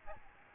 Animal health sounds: mosquito wingbeat signal from an infrared sensor; Aedes aegypti

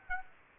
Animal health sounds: mosquito wingbeat signal from an infrared sensor; Aedes aegypti

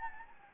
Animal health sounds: mosquito wingbeat signal from an infrared sensor; Anopheles gambiae

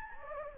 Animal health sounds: mosquito wingbeat signal from an infrared sensor; Anopheles gambiae

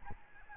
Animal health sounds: mosquito wingbeat signal from an infrared sensor; Aedes albopictus

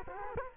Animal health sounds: mosquito wingbeat signal from an infrared sensor; Culex quinquefasciatus

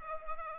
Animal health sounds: mosquito wingbeat signal from an infrared sensor; Culex pipiens

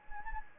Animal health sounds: mosquito wingbeat signal from an infrared sensor; Anopheles gambiae

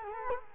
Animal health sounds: mosquito wingbeat signal from an infrared sensor; Culex quinquefasciatus

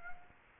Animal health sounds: mosquito wingbeat signal from an infrared sensor; Aedes aegypti

